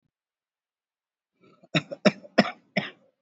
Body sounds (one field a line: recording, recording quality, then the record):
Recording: shallow voluntary cough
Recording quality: excellent, no background noise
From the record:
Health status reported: COVID-19 positive, moderate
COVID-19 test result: positive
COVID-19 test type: RT-PCR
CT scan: not taken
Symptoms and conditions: cough, cold, muscle pain, hypertension, diabetes, ischaemic heart disease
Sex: male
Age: 57 years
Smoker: yes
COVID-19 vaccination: both doses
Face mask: worn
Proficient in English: yes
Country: India